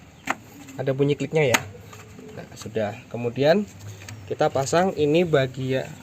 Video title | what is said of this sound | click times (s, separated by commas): TUTORIAL BONGKAR BERSIHKAN PASANG PC JADUL _ MERK SIEMENS | Ada kajian diatas sini nah tentunya pelan-pelan kemudian tekan Sampai bunyi klik ada | 0.3 s